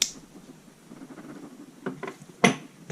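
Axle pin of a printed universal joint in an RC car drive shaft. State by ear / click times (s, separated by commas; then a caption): seated / 0.0 s, 2.4 s. The axle pin of a 3D-printed plastic universal joint in an RC buggy drive shaft is pressed in, with its 45-degree edges engaged on one side and a tool holding the part. Sharp plastic snaps ring out at 0.0 s and 2.5 s, with softer ticks around 1.9–2.1 s in between. The axle ends up snapped in place, seated and tight.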